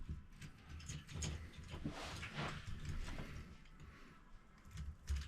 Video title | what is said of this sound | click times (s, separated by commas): 3D Printed Spinosaurus in GratKit Tri Color Silk PLA | I don't know if you heard that, but that was me setting this down on the tabletop like that and pushing down on the on the top part of the head and it snapped into place. | 5.1 s